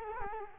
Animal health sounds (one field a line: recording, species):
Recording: mosquito wingbeat signal from an infrared sensor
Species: Culex quinquefasciatus